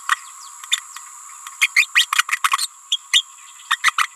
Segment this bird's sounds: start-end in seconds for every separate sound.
0.09-0.16, 1.61-1.71, 1.75-1.87, 1.95-2.06, 2.12-2.23, 2.28-2.40, 2.51-2.58, 2.91-2.98, 3.12-3.25, 3.70-3.78, 3.83-3.93, 3.98-4.08